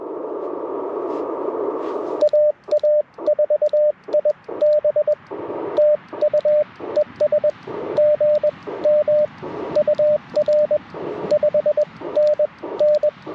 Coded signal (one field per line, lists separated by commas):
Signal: Morse code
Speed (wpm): 21 wpm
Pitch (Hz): 590 Hz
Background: radio noise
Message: AA4IB TU ES GM UR 5NN